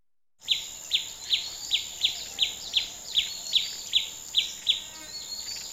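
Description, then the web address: Bird giving a run of sharp, downslurred chirps about two to three per second, over a steady high insect hum. Country setting. "country ambience birds crickets flies"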